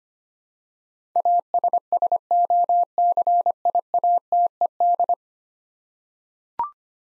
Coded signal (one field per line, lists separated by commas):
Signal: Morse code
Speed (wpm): 25 wpm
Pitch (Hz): 700 Hz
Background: none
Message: ASSOCIATED